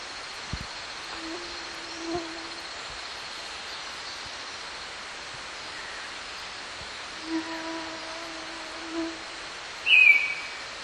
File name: green backed robin